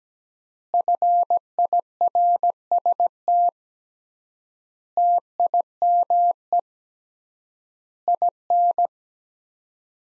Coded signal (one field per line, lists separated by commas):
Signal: Morse code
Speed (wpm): 17 wpm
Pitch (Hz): 700 Hz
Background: none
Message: FIRST TIME IN